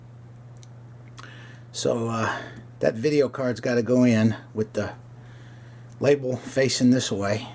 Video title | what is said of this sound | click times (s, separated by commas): GoPro8 Review Setup and Use the first time | get it out you got to click it and it pops out so | 0.6 s, 1.1 s